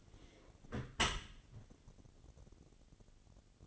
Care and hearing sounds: daily activity, microphone in the room; close dishwasher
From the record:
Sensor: 4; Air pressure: 1007.7 hPa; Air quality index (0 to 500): 195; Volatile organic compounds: 6 ppm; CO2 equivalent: 1945 ppm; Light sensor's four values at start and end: 22/70/26/26 and 22/70/27/26

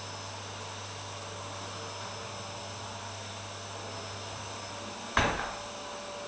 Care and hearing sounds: daily activity, microphone in the room; vacuum cleaning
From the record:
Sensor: 2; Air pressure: 1007.5 hPa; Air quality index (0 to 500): 32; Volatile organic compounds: 1 ppm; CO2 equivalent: 520 ppm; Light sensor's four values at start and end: 7/16/6/6 and 7/16/6/6

